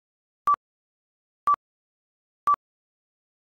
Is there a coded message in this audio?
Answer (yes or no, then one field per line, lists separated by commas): no